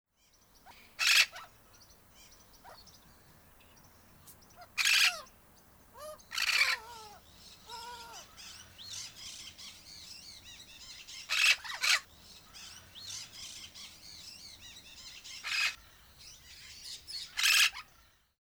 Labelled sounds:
Vinaceous-breasted Amazon
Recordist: Tembrock, Günter
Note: Rufe eines Paares

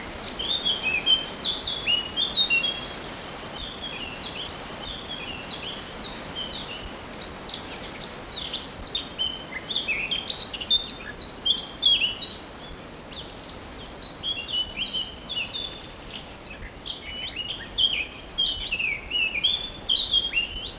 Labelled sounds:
Eurasian Blackcap song
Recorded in the wild
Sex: male
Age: adult
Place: Glienicke/Nordbahn, Brandenburg, DE
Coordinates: 52.64, 13.3436
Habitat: forest
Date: 1988-06-12 11:00
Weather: sunny, 14-18°C, gusty winds
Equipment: Nagra SN, Kopie Tesla B 116
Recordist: Tembrock, Günter
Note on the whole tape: Kindelwald. Gesang an Reviergrenze (eigentümlich "abgebrochen" singend)

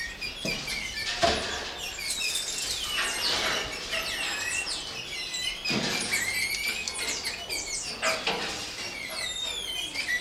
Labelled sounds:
Cottontop Tamarin
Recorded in captivity
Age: adult
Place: Zoo Halle, Sachsen-Anhalt, DE
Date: 1993-04-26 15:52
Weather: heiter, 26 °C
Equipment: Sony WM-D6C, Sony ECM-939 LT, Kopie Uher Variocord 263
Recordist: Tembrock, Günter

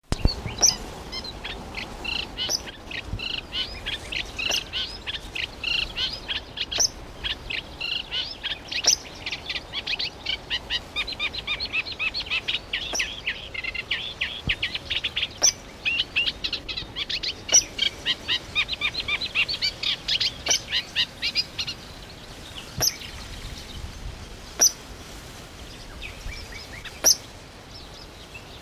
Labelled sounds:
Eurasian Coot call
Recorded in the wild
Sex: female
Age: adult
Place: Mühlenbecker Land, OT Mönchmühle, Brandenburg, DE
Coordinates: 52.6464, 13.3944
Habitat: pond
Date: 1988-06-04 10:42
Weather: bedeckt, 18-20°C, Wind
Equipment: Nagra SN, Kopie Tesla B 116
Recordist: Tembrock, Günter

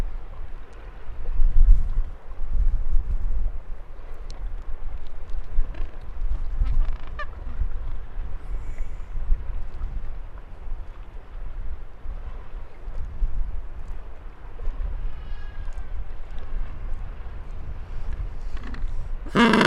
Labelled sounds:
Gentoo Penguin call
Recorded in the wild
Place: Brown Station, Antarctica, AQ
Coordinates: -64.54, -62.52
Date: 2018-12-25
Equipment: Olympus LS-100, Sennheiser ME66
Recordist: Beaulieu, Michaël
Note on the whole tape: In Kolonie von Eselspinguinen. Meistens brütende Vögel

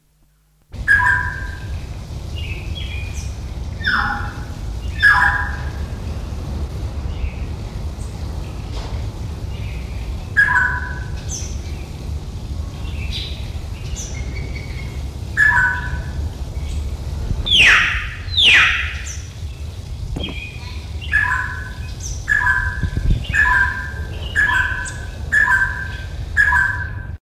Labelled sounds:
White-crested Laughingthrush call
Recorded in captivity
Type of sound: call
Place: Zoo Frankfurt, Rheinland-Pfalz, DE
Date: 1969-10-02
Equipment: Halbspur, 9,5 cm/s
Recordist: Lütgens, Hans
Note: Rufe

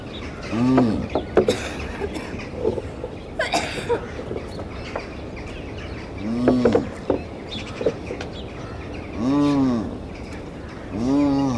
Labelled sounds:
Addax call
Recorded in captivity
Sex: male
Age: adult
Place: Tierpark Berlin, Berlin, DE
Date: 1970-12-20 11:47
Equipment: Uher 4200 Report Stereo, Sennheiser MD 421 (z.T. mit Tesla-Verstärker)
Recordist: Tembrock, Günter

